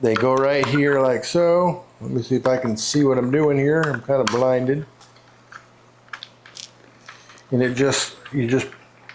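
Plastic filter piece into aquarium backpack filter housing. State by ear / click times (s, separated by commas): not seated / none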